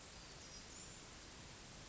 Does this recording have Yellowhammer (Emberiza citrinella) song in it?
no